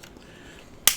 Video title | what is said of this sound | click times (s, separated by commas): Fuji Instax mini 11 Review | you'll close it to hear the click | 0.9 s